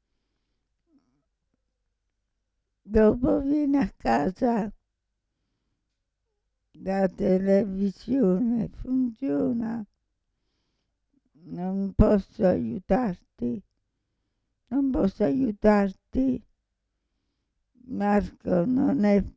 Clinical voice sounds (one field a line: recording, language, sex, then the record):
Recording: read phrases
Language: Italian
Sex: female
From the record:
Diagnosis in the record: Parkinson's disease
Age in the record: 65 years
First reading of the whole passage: 242 s, 2.1 characters per second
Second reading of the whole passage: 180 s, 2.9 characters per second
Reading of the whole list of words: 168 s, 1.7 characters per second